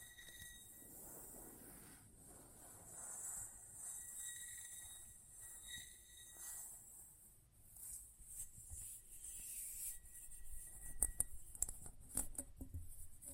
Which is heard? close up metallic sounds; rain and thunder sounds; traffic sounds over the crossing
close up metallic sounds